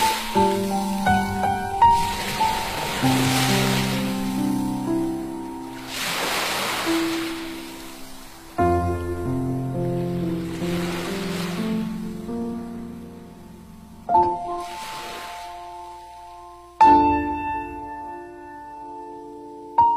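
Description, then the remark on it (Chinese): Ocean waves surge and wash onto the shore in a few broad, hissing swells, blended beneath gentle melodic music with sustained tones and soft chords. “蓝调北京，静静聆听，海浪翻滚，波涛拍岸，海的声音伴随着潮水的气息，在音乐中涌动。”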